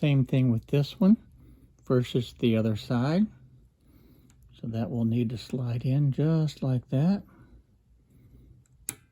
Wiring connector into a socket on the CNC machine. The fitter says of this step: and you'll hear it snap